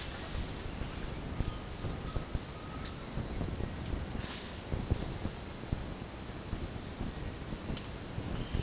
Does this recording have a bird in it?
no